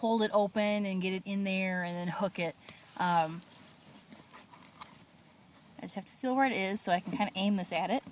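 Someone talks while reaching between the vehicle seat cushions to feel for the lower anchor bar and line up the lower latch connector of a Diono RadianRXT car seat being installed rear facing. In a quieter stretch in the middle, faint brief handling sounds come at about 4.1, 4.7 and 4.8 s. The connector has not latched onto the anchor yet.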